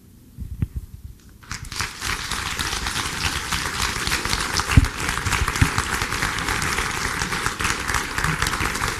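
An audience breaks into applause, a dense, steady patter of many hands clapping that swells quickly after a brief quiet start and continues at an even level throughout.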